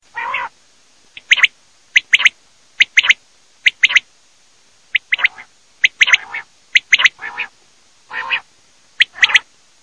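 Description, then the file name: Common quail calling, sharp high clicking notes in twos and threes mixed with softer, lower rasping notes, repeated roughly every second in a quiet background. "QUAGLIA"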